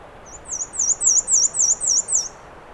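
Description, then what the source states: Black-and-white warbler delivering a thin, high-pitched series of about eight squeaky, see-sawing notes in quick, regular succession. Recorded 13 June 2017 at 9:54 am on a trail in Acadia National Park; Fostex FR2 recorder with Sennheiser ME 66 microphone; high-pass filtered.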